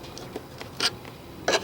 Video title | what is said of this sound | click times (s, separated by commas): 2005 T&C Rear Turn Signal Lamp Replacement | That one snapped back in on me. | 1.5 s